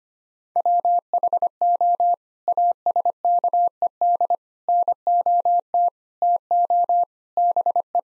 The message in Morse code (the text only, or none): WHO ASKED NOT TO BE